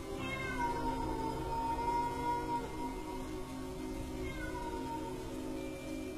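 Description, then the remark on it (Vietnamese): A cat meows just outside a window in long, wavering, drawn-out cries that rise and fall in pitch, faint and distant, over a steady rain-like hiss with no talking. “Tiếng mèo kêu văng vẳng làm cho ông ghê hết cả người.”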